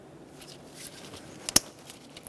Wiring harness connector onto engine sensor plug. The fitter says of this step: push until you hear a click